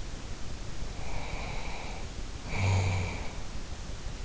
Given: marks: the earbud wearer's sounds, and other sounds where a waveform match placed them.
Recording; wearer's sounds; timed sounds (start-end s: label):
sounds in sleep by an in-ear microphone; snoring breath
0.94-3.25 s: snoring breath